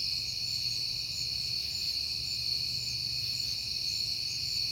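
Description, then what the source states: Crickets in a constant shrill high-pitched chorus, over a faint low rumble. Crickets at night in September, on a peaceful night.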